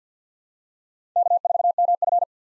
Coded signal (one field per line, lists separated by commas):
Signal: Morse code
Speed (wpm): 50 wpm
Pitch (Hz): 700 Hz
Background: none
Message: K4MF